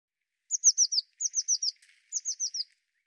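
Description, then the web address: Bird giving three bursts of four sharp, high descending notes each, with faint lower chatter between bursts. "cianscape birddata Deverinetal 2025 File cleaned normalized Bird Cy Ca"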